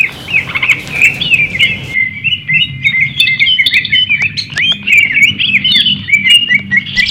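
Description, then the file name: Greater green leafbird song: rapid, varied warbling of sweet whistles and chirps, continuous throughout, with a low background hum and occasional clicks. Simulated song contest for leafbirds. "audio-simulasi-lomba-cucak-hijau 4-omkicau"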